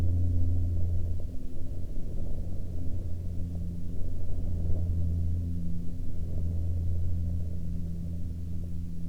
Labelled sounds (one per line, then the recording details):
aircraft
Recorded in the Prudhoe Bay oil fields, Alaska, on 5 May 2021 at 14:13
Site 28